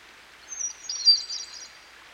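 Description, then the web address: Hermit Thrush song phrase, rather soft: a thin high opening whistle followed by a brief jumble of ethereal flutey notes, set against a continuous hiss like flowing water. Near a stream. "Dan Gibson Songbirds By The Stream. Hermit Thrush"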